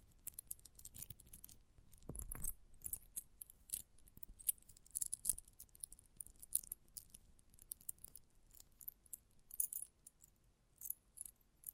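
Close up metallic sounds: small bright clinks and jingles, like coins or keys, scattered irregularly through the whole stretch. The ticks are sharp and high, with a few heavier knocks around two and five seconds, and a faint low rumble beneath.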